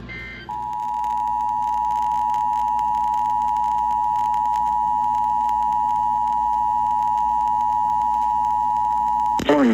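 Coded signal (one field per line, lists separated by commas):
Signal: Emergency Alert System (SAME) tones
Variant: 853 and 960 Hz attention tone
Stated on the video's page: Real child abduction emergency alert received from weather radio stations on 162.550 and 162.400 MHz and an FM broadcast station on 95.9 MHz, Fort Worth, Texas.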